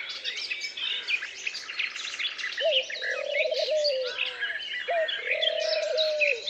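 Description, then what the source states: Birds singing in a dense chorus of high chirps and trills, with long low whistled notes joining from about the third second. Peaceful forest ambience with birds.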